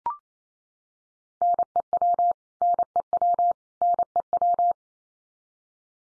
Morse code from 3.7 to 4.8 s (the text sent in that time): NEW